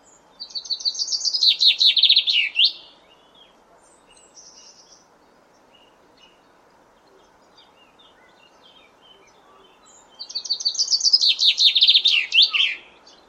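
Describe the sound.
Common chaffinch song: two rattling, descending phrases that speed up and end in a sharp flourish, separated by several seconds of quiet with faint chirps.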